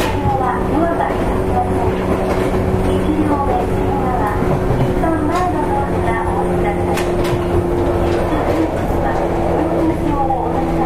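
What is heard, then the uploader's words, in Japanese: A JR West 105 series train runs with a steady, dense low rumble and a sustained motor hum that holds level throughout. Faint murmuring voices come and go in the middle, and a few brief sharp clicks appear around seven seconds. JR西日本 105系電車の走行音です。万葉まほろば線（桜井線）のワンマン普通列車で録音しました。区間は、奈良から畝傍までです。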